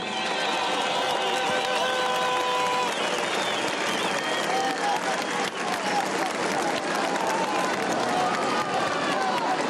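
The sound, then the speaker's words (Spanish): A large crowd bursts into sustained, dense applause for Venezuela's Bolivarian National Armed Forces, lasting the whole stretch, a steady roar of many hands clapping with cheers and shouting voices mixed in. “¡Un aplauso a nuestra Fuerza Armada!”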